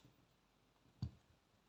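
During reassembly of an Honor 6A smartphone after a motherboard swap, a plastic cover or bracket is handled and pressed toward the phone body. Quiet handling noise runs throughout, with one brief, low, dull knock near 1.0 s. Nothing has seated or clicked yet.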